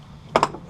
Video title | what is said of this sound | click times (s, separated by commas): 3000gt clutch installation part 2 | there we go that's seated | 0.4 s